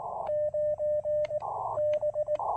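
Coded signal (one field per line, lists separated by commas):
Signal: Morse code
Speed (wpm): 18 wpm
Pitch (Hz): 590 Hz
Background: radio noise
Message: 9 B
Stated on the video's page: Park activation with QRP using the tiny Elecraft AX1 antenna.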